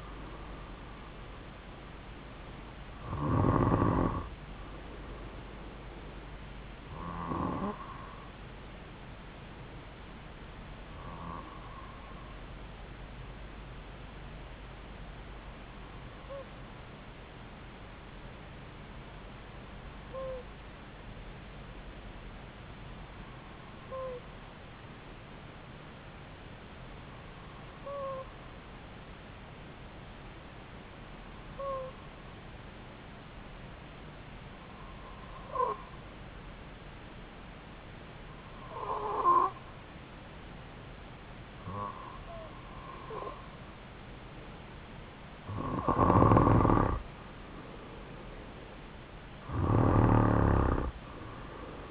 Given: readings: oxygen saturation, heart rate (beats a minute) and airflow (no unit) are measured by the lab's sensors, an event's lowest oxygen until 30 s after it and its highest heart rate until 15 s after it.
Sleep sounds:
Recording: breathing in sleep by a voice recorder at the bedside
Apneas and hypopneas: 1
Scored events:
21.00-43.10 s: hypopnea (N2, oxygen 96% highest, then 91% lowest)
From the record:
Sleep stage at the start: N2 (light sleep)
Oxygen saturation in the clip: 92 to 96%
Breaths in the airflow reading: 13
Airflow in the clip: -5.9 to 4.1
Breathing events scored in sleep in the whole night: 270 in 6.1 hours asleep

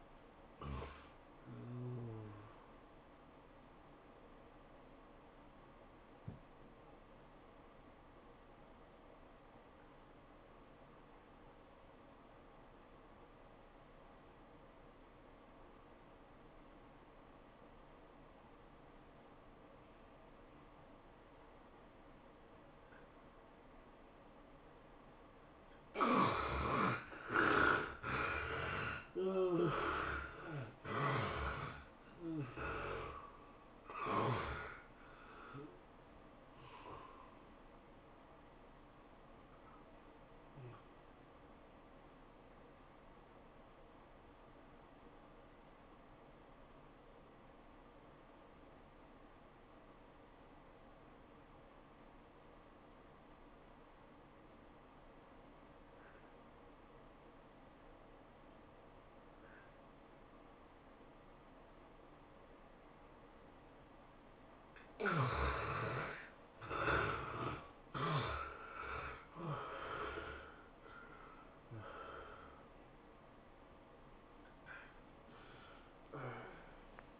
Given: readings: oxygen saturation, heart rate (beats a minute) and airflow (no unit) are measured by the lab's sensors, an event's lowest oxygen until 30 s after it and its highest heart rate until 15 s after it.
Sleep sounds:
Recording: breathing in sleep by a voice recorder at the bedside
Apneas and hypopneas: 2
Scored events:
5.00-25.00 s: obstructive apnea (N1, oxygen 97% highest, then 73% lowest, heart rate 102 at the start, 107 highest)
41.00-66.30 s: obstructive apnea (N1, oxygen 96% highest, then 69% lowest, heart rate 99 at the start, 107 highest)
48.00-77.20 s: new sleep stage, N2 (light sleep)
From the record:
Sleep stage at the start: N1 (lightest sleep)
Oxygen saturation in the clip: 72 to 97%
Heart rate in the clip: 78 to 107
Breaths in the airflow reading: 10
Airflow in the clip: -16.9 to 15.0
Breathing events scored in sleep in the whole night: 403 in 5.5 hours asleep

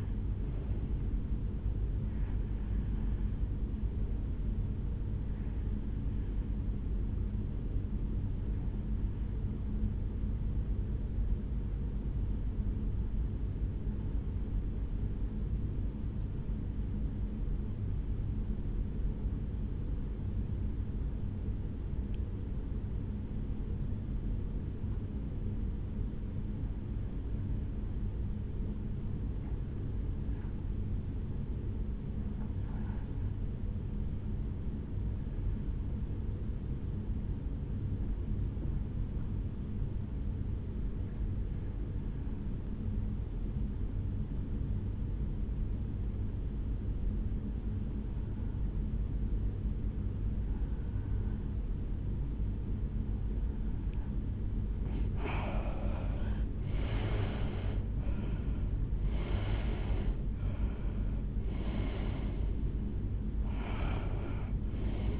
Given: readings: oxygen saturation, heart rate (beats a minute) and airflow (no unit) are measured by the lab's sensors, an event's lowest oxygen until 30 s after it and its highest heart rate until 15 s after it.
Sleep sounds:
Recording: breathing in sleep by a smartphone at the bedside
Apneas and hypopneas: 1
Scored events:
13.00-58.90 s: hypopnea (REM, oxygen 92% highest, then 76% lowest, heart rate 67 at the start, 82 highest)
From the record:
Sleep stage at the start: REM sleep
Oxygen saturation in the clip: 79 to 93%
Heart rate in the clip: 66 to 82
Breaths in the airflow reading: 13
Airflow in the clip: -12.0 to 8.4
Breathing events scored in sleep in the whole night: 449 in 7.0 hours asleep

